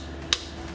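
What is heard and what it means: A torque wrench with a 15 mm socket tightens an oil pan bolt to 40 newton meters under the car, on a Chevrolet Cruze, Sonic or Opel Vectra, Zafira, Astra or Insignia engine. A single sharp click at 0.3 s rises over a steady low hum, confirming the wrench has reached its torque setting.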